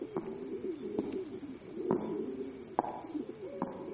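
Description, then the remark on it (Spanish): Pigeons coo continuously in low, overlapping warbling calls, punctuated every second or so by brief sharp flutters, with a faint steady high-pitched hiss running underneath. “Las palomas escrutaban en silencio cada uno de sus movimientos.”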